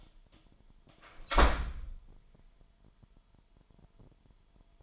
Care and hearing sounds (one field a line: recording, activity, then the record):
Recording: daily activity, microphone in the room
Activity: close door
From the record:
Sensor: 5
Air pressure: 998.4 hPa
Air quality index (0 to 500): 82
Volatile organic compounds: 1 ppm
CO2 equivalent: 937 ppm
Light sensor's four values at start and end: 30/73/30/33 and 30/73/30/33